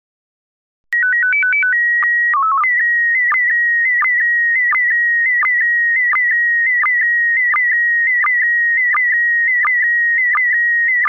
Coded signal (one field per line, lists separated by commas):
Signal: SSTV (slow-scan television)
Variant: PD 90